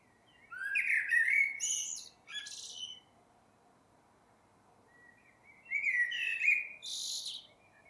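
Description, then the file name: Eurasian blackbird song: a rich whistled warble with high scratchy twitters, a pause of several seconds, then a similar phrase. "Turdus merula"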